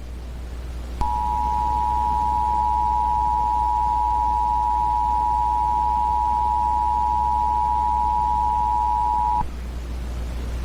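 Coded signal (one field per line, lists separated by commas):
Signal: Emergency Alert System (SAME) tones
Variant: 853 and 960 Hz attention tone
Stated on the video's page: Fictional Thanksgiving virus EAS scenario, not a real alert.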